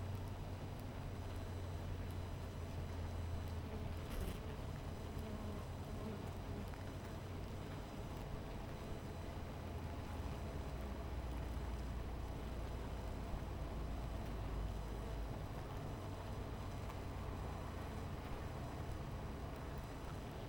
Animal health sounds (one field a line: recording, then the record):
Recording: honeybee colony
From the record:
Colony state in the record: missing queen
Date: 14 July 2017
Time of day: 17:40